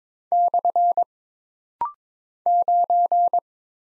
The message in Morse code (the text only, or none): / 9